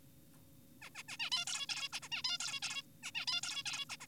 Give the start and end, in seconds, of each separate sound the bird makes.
0.82-0.90, 0.95-1.03, 1.08-1.17, 1.20-1.30, 1.32-1.45, 1.47-1.67, 1.69-1.89, 1.93-2.00, 2.02-2.09, 2.12-2.22, 2.24-2.38, 2.40-2.60, 2.62-2.83, 3.03-3.11, 3.15-3.26, 3.28-3.41, 3.43-3.63, 3.66-3.85, 3.90-3.96, 4.00-4.07